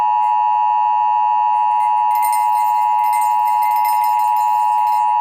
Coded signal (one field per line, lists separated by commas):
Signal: Emergency Alert System (SAME) tones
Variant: 853 and 960 Hz attention tone